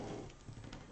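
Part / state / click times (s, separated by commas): zip tie tail into its ratchet head around wreath bow loops / seated / 0.3 s, 0.7 s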